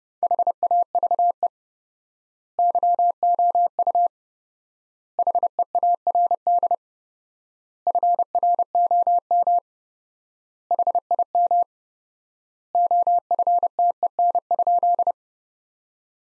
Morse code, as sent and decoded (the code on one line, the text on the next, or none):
.... .- ...- . / -.-- --- ..- / .... . .- .-. -.. / ..-. .-. --- -- / .... .. -- / --- ..-. - . -. ..--..
HAVE YOU HEARD FROM HIM OFTEN?